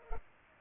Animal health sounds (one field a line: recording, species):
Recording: mosquito wingbeat signal from an infrared sensor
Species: Culex pipiens